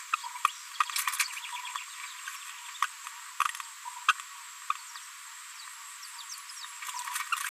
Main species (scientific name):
Forpus passerinus